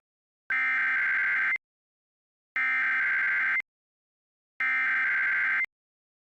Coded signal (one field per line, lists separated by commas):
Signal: Emergency Alert System (SAME) tones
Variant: header bursts